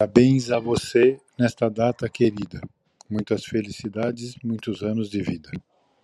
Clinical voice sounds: short text; Brazilian Portuguese; male; 60 to 69 years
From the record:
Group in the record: control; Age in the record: 62 years

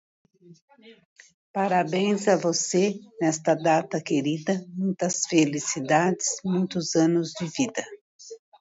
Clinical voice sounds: short text; Brazilian Portuguese; female; 60 to 69 years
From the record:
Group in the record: control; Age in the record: 64 years

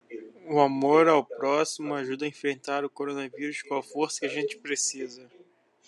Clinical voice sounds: spoken sentence; Brazilian Portuguese; male; 20 to 29 years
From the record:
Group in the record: control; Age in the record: 22 years

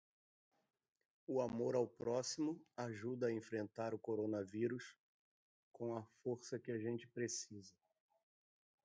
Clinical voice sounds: spoken sentence; Brazilian Portuguese; male; 50 to 59 years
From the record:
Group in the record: control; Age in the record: 54 years

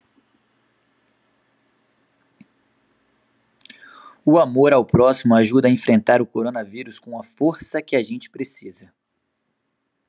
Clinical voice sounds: spoken sentence; Brazilian Portuguese; male; 20 to 29 years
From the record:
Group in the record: control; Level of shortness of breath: 0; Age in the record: 24 years

